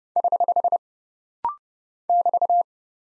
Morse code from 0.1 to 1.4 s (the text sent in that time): <HH>